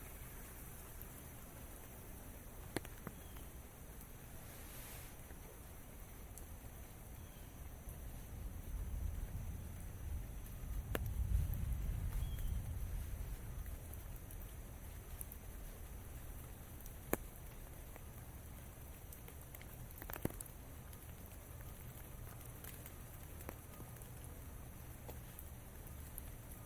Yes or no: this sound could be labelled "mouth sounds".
no